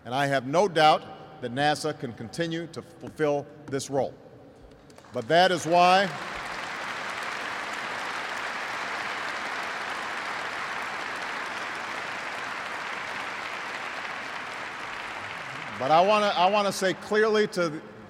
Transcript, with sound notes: And I have no doubt that NASA can continue to fulfill this role. (Applause.) But that is why -- but I want to say clearly to